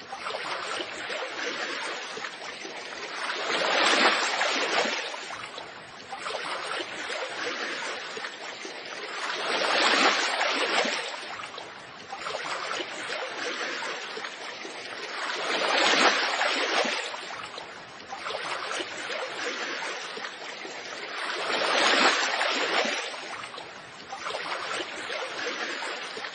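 Waves wash in and out in a slow, regular rhythm, each surge swelling roughly every six seconds and then easing back to a softer hiss. The sound is bright and full of fine splashing, with little low rumble, and stays steady throughout.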